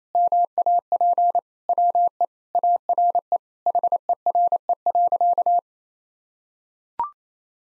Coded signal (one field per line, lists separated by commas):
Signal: Morse code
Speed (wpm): 28 wpm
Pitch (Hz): 700 Hz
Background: none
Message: MAP WE ARE HERE.